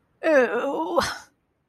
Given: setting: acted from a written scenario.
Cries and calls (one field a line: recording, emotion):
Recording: vocal sound without words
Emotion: disgust